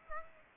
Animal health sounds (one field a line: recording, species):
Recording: mosquito wingbeat signal from an infrared sensor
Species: Aedes aegypti